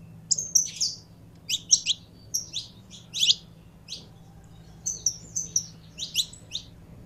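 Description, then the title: Belgian canary song in scattered bursts of high, sharp chirps and short notes with pauses between, over a low steady hum. Song of a purebred Belgian canary. "Canto Do Canário Belga Puro"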